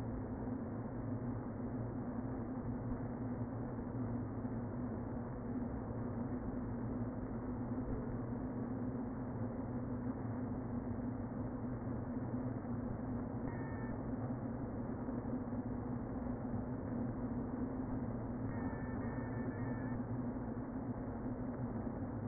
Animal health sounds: honeybee colony, microphone inside the hive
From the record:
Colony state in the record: queen present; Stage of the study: before two queens were removed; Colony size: about 60,000 bees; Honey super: yes

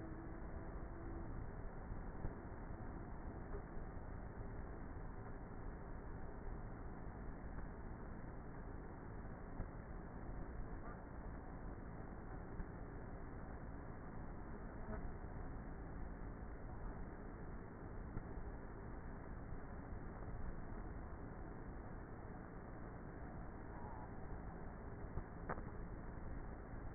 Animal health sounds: honeybee colony, microphone inside the hive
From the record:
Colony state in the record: queenless with a low population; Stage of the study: before two queens were removed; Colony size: about 30,000 bees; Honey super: no

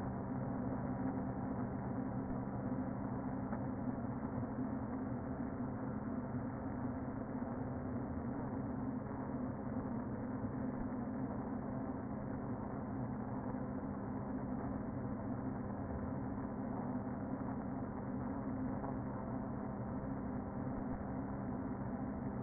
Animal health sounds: honeybee colony, microphone inside the hive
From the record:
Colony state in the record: queen present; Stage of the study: before two queens were removed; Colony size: about 60,000 bees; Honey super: yes

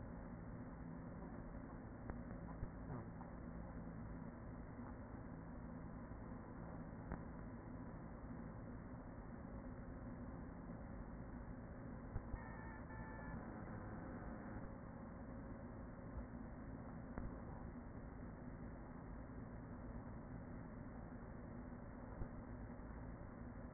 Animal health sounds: honeybee colony, microphone inside the hive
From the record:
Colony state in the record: queen present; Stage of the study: after two queens were removed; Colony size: about 40,000 bees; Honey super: no

